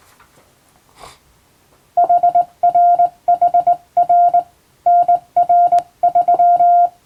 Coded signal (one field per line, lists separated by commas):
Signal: Morse code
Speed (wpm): 20 wpm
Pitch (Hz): 700 Hz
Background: none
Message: HRHR NR3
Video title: 【morse code practice】This is practice video for radio operator license. In japan, R/O needs 16wpm.